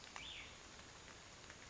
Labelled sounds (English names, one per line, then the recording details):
Cassin's Vireo
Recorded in Sonoma County, California